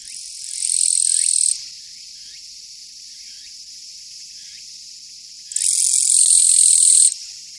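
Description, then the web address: Japanese katydid producing two harsh, high buzzes several seconds apart, with faint chirping of other insects between. "sikioto insect kirigirisu"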